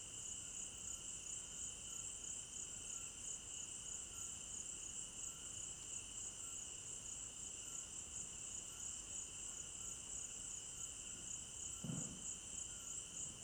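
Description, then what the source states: Cricket chorus holds a constant high trill throughout; a brief low thump sounds near the end. At night in an African village garden; stereo binaural recording.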